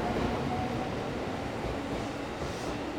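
An electric train rumbles steadily as it pulls away from a station, a dense, broad roar of wheels and motor with a faint tonal whine riding above, holding a constant loudness throughout with no voices.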